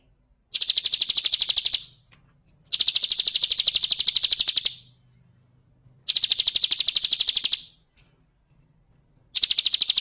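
Bird song of rapid, evenly pulsed high trills, each burst lasting about one to two seconds, repeated with short silent gaps between them.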